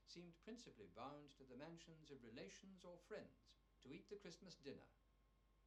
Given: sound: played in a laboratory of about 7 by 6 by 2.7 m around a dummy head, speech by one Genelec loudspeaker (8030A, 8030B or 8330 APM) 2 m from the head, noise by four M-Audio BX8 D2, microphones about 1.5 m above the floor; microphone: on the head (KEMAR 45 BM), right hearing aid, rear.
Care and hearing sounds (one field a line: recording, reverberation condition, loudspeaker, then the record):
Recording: male speech in English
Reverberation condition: low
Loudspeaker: 150 degrees to the right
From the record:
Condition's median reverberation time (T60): about 310 ms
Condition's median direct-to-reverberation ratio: about 3.5 dB